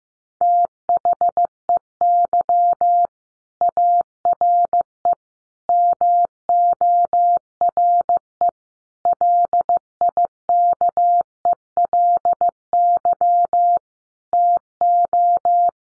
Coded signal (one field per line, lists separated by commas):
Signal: Morse code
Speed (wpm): 15 wpm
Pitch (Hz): 700 Hz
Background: none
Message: THEY ARE MORE LIKELY TO